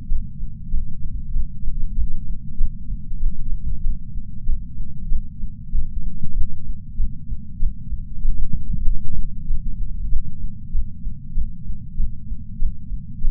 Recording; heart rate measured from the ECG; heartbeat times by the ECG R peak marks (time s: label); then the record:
heart sounds by patch sensor on the chest; 96 bpm
0.05 s: heartbeat
0.67 s: heartbeat
1.30 s: heartbeat
1.92 s: heartbeat
2.54 s: heartbeat
3.17 s: heartbeat
3.80 s: heartbeat
4.42 s: heartbeat
5.05 s: heartbeat
5.68 s: heartbeat
6.31 s: heartbeat
6.94 s: heartbeat
7.56 s: heartbeat
8.19 s: heartbeat
8.81 s: heartbeat
9.44 s: heartbeat
10.06 s: heartbeat
10.69 s: heartbeat
11.31 s: heartbeat
11.94 s: heartbeat
12.56 s: heartbeat
13.18 s: heartbeat
From the record:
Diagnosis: coronary artery disease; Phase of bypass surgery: preoperative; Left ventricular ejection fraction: 60.9%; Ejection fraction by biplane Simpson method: 52.5%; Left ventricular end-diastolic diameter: 49 mm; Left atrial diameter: 38 mm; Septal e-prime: 4.5 cm/s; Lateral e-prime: 5.9 cm/s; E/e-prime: 13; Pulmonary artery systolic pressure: 21 mmHg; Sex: female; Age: 74 years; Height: 160 cm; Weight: 64 kg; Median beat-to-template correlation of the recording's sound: 0.92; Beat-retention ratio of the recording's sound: 0.97